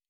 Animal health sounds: hydrophone in a shrimp aquaculture tank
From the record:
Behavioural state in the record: normal

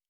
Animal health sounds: hydrophone in a shrimp aquaculture tank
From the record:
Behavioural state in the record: normal

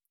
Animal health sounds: hydrophone in a shrimp aquaculture tank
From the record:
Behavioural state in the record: feeding

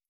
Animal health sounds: hydrophone in a shrimp aquaculture tank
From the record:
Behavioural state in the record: feeding

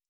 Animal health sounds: hydrophone in a shrimp aquaculture tank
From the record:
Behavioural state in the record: stressed

